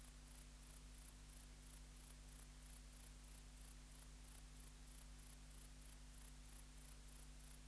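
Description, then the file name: Grey bush-cricket song of crisp, high-pitched chirps evenly repeated about three times a second, a faint low hum running throughout. "Platycleis albopunctata"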